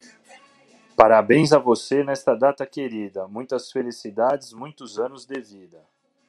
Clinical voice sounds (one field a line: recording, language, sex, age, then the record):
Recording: short text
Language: Brazilian Portuguese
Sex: male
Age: 40 to 49 years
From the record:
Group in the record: control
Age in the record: 40 years